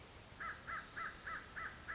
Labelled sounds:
American Crow (Corvus brachyrhynchos)
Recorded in Sonoma County, California

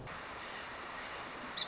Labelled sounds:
Song Sparrow (Melospiza melodia)
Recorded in Sonoma County, California

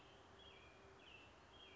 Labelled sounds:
American Robin (Turdus migratorius)
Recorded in Sonoma County, California

